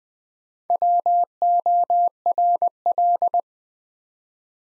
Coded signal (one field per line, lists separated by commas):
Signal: Morse code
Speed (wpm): 20 wpm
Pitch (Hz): 700 Hz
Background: none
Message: WORL